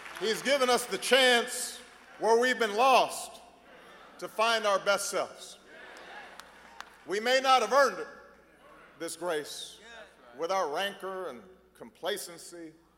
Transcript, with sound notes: He has given us the chance, where we’ve been lost, to find our best selves. (Applause.) We may not have earned it, this grace, with our rancor and complacency,